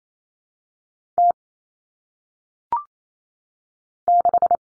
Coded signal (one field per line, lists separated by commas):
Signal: Morse code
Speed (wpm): 28 wpm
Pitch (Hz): 700 Hz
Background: none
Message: T 6